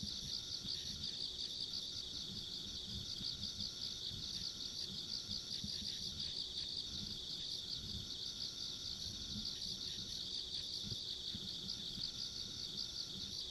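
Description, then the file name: Insects drone without pause in a high, sizzling chorus with a faint piercing upper whine, and low rumbling noise beneath. Ambient insect sounds along a rural country road. "田舎道の虫の環境音"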